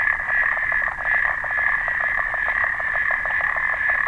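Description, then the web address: Clawed frog trilling with quick, evenly spaced clicks merging into a buzzy metallic rattle, with a brief dip near the first second. "sounds xenopus"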